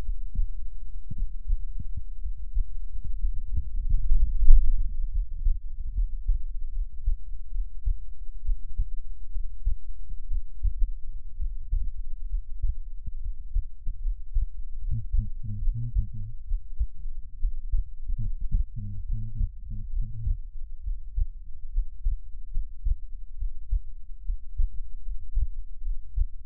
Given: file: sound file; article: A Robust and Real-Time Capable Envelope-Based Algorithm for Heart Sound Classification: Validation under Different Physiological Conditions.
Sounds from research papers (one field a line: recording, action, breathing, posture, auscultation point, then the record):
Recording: heart sounds by electronic stethoscope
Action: rest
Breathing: normal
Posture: lying on stomach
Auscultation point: Erb’s point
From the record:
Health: healthy, no known heart disease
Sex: male